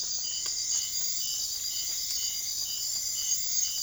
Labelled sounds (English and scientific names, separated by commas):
none